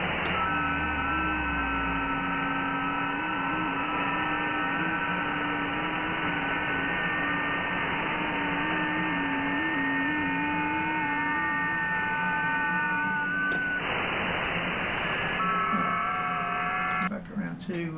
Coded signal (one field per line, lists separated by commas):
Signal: FT8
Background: speech